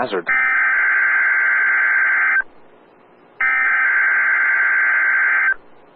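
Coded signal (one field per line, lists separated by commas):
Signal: Emergency Alert System (SAME) tones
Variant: header bursts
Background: speech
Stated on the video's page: Real EAS required weekly tests.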